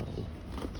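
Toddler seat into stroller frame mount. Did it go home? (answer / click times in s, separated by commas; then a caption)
no / none. A toddler seat on a Looping Sydney stroller is pushed onto its frame mount after a pinched part has been freed. Steady low handling rustle is heard, with a brief louder bump at about 0.6 s. Nothing has seated or clicked yet.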